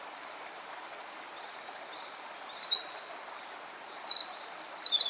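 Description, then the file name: Eurasian wren song: a fast, high-pitched run of sustained whistles and rapid rising-falling sweeps, growing louder midway and continuing steadily to the end over faint background hiss. "Troglodytes troglodytes"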